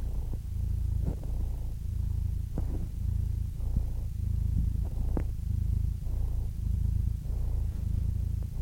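Domestic cat purring in a low, even rumble with rhythmic breath pulses, plus a few brief clicks and taps.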